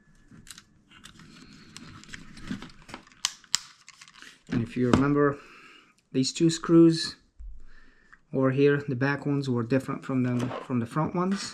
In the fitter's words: everything basically just snaps snaps in place and